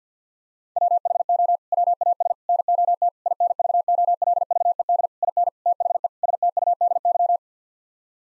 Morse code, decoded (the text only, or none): WHO WAS NOT INVOLVED IN THE STUDY